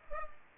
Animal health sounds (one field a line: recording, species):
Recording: mosquito wingbeat signal from an infrared sensor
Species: Culex pipiens